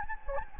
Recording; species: mosquito wingbeat signal from an infrared sensor; Anopheles gambiae